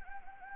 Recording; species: mosquito wingbeat signal from an infrared sensor; Anopheles gambiae